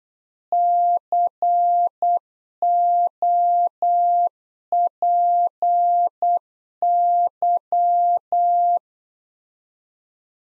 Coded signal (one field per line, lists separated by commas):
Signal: Morse code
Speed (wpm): 8 wpm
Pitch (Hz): 700 Hz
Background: none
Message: COPY